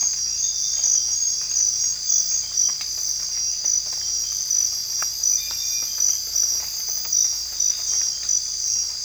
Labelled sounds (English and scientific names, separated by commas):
none